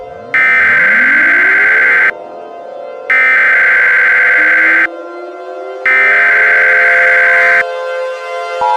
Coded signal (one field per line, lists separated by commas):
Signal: Emergency Alert System (SAME) tones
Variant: header bursts